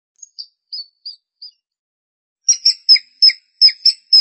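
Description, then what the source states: Long-tailed shrike gives a few soft high notes, then a steady series of about seven sharp, harmonically rich chirps repeated several times a second. Recorded March 2017.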